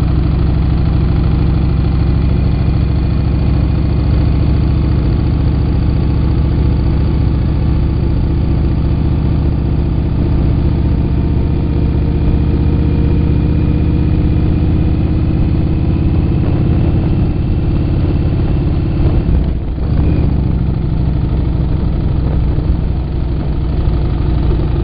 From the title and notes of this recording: This is just a quick video taken while riding across Hoover Dam.